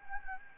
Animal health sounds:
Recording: mosquito wingbeat signal from an infrared sensor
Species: Anopheles gambiae

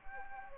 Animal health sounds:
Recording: mosquito wingbeat signal from an infrared sensor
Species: Anopheles gambiae

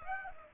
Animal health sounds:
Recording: mosquito wingbeat signal from an infrared sensor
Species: Aedes aegypti

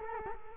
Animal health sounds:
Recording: mosquito wingbeat signal from an infrared sensor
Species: Culex quinquefasciatus

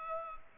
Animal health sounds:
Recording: mosquito wingbeat signal from an infrared sensor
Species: Culex pipiens

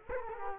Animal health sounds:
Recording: mosquito wingbeat signal from an infrared sensor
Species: Culex quinquefasciatus

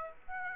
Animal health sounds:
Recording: mosquito wingbeat signal from an infrared sensor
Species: Aedes aegypti

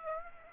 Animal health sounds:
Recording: mosquito wingbeat signal from an infrared sensor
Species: Aedes aegypti

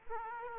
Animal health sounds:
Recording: mosquito wingbeat signal from an infrared sensor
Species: Aedes aegypti

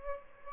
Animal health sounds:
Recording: mosquito wingbeat signal from an infrared sensor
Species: Aedes albopictus

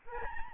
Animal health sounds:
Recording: mosquito wingbeat signal from an infrared sensor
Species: Aedes albopictus

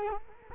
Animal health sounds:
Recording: mosquito wingbeat signal from an infrared sensor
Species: Culex quinquefasciatus

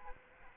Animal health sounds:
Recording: mosquito wingbeat signal from an infrared sensor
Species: Aedes aegypti

